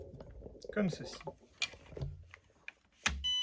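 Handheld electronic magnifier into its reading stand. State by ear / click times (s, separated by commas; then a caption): seated / 3.1 s. A handheld Clover 10 electronic magnifier is slid onto its reading stand while someone talks, with soft handling and scraping sounds. It snaps into place with a sharp click at 3.1 s and is confirmed seated on the stand, followed by a steady beep-like tone.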